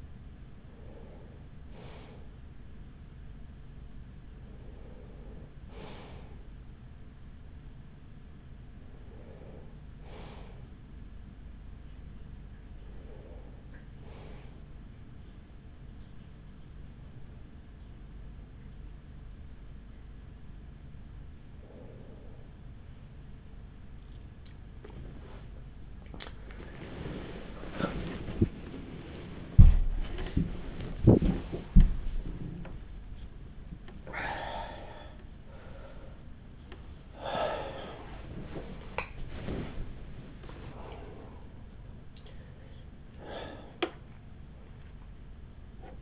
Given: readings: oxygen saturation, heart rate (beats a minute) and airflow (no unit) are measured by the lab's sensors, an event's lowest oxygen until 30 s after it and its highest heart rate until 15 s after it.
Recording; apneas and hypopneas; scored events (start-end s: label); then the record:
breathing in sleep by a smartphone at the bedside; 1
13.00-27.90 s: hypopnea (N2, oxygen 95% highest, then 94% lowest, heart rate 46 at the start, 76 highest)
29.00-46.02 s: new sleep stage, awake
40.00-46.02 s: awake
From the record:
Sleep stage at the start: N2 (light sleep); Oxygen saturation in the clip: 94 to 96%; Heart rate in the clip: 42 to 76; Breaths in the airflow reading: 9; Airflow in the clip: -6.7 to 9.8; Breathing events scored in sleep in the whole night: 207 in 7.6 hours asleep